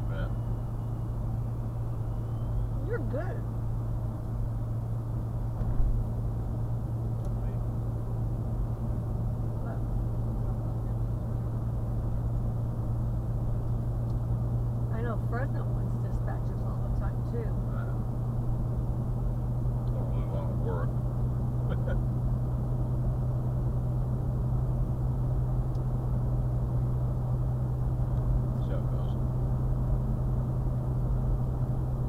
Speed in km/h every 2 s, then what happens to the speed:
61, 61, 63, 61, 61, 63, 63, 63, 64, 64, 66, 68, 68, 68, 68, 68.
0-32 steady at about 63.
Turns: none.